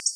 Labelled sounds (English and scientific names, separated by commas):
Black-throated Blue Warbler (Setophaga caerulescens) flight call